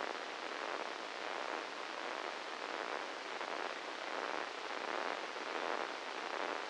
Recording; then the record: brain microelectrode recording played as sound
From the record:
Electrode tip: inside the subthalamic nucleus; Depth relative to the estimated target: -3 mm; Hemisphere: right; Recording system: NeuroSet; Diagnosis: Parkinson's disease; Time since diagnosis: 10 years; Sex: male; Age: 56 years